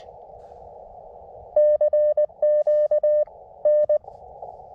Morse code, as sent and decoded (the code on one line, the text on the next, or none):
-.-. --.- / -.
CQ N